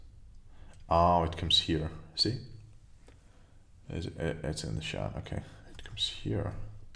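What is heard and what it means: A plastic LEGO piece is handled over a Luke Skywalker X-Wing Mech brick model while someone talks, with faint light plastic clicks and taps near 3.1 s and 7.0 s. The piece has not seated or clicked into place yet.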